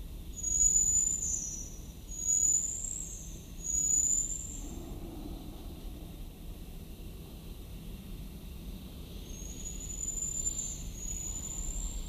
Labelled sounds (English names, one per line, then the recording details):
Common Marmoset call
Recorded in captivity
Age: adult
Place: Zoo Berlin, Berlin, DE
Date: 1996-01-06 13:22
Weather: bedeckt, -4°C
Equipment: Sony WM-D6C, Sennheiser ME 80, Kopie Uher 4000 Report Monitor
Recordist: Tembrock, Günter